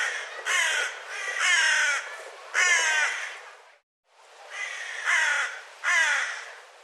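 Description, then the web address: Bird with rough, scratchy caws repeated in a loose series, a short silent break midway, then more harsh calls. "cianscape birddata Deverinetal 2025 File cleaned normalized Bird"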